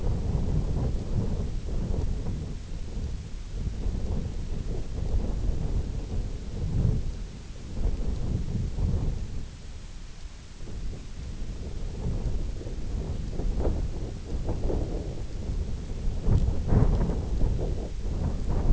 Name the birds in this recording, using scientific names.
none